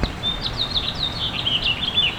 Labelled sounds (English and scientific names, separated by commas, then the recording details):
House Finch (Haemorhous mexicanus) song
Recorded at Port Washington on Long Island, New York, on 22 May 2013
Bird B